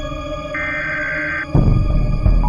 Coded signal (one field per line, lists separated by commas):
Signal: Emergency Alert System (SAME) tones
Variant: header bursts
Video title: EAS scenario 1(and 2): Andy-Nado & Andy gets mad